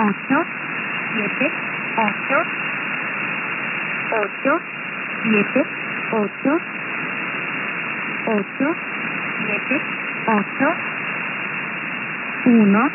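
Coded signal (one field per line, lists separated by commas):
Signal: numbers station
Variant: V07 Spanish Lady, Spanish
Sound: female voice reading short, evenly spaced Spanish words over hissy shortwave static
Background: radio static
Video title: V07 "The Spanish Lady," numbers station, 14774 kHz USB, 20 FEB 2022, 01:20 UTC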